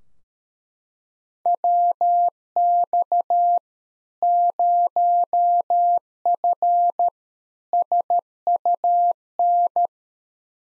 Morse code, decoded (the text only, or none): WX 0F SUN